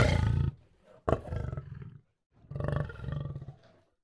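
Lion snarling, a loud harsh burst, then a sharp rasping snarl and a pulsing growl, ending with another rolling rasp that fades.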